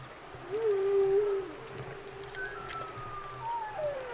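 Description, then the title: Humpback whale calls: a smooth mid-pitched moan followed by a higher tone that slowly slides downward, set against a constant low hum and occasional clicks. Humpback calls recorded for about half an hour starting around 20:00 on the evening of Tuesday 3 November 2020, election night. "Election night humpback calls at Orcasound Lab"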